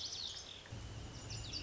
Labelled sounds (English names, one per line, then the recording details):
Lazuli Bunting
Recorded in Sonoma County, California